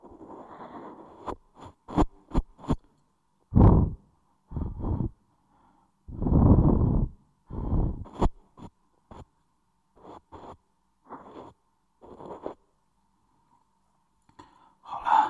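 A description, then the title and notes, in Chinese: Ear cleaning sounds come in short, separate bursts with quiet gaps between them. Sharp little clicks cluster in the first few seconds, then fuller, breathy rustling and scraping swells arrive around 3.5 and 6–7 seconds, followed by smaller scratchy strokes and another rustle at the end. 一次纯粹清洁耳朵的体验。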